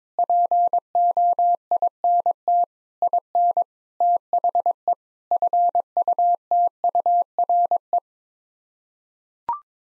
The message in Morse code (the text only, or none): POINT IN THE FUTURE